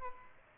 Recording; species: mosquito wingbeat signal from an infrared sensor; Aedes albopictus